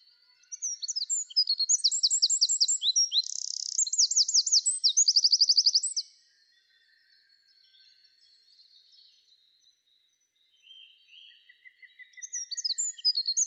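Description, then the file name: Eurasian wren song, a loud rapid outpouring of high trills and twittering notes lasting about five seconds, then quiet with faint bird calls before another burst begins. "Troglodytes troglodytes"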